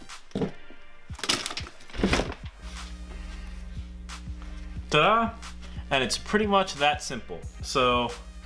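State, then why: Not seated. Someone talks while handling a plastic side stand eliminator jumper plug, which is about to be pushed into the side stand sensor wiring connector of a Yamaha R6 motorcycle to close the loop so the bike's computer thinks the side stand is up. A cluster of short handling knocks sounds around 1.2 to 2.3 seconds, followed by a steady tonal hum under the voice. Nothing has seated or clicked yet.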